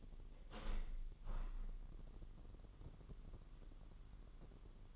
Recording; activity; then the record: daily activity, microphone in the room; open window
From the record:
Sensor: 4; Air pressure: 999.4 hPa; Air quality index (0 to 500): 129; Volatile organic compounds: 2 ppm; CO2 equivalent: 1273 ppm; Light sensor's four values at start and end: 19/45/19/21 and 18/45/19/21